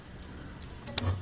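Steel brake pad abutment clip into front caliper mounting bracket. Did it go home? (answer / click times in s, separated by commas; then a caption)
yes / 1.0 s. A new steel anti-rattle abutment clip is centered and pressed into the front brake caliper mounting bracket of a Crown Victoria. After a few faint metallic taps and scrapes, it snaps into place with a sharp metallic click at 0.98 s, and the clip is seated.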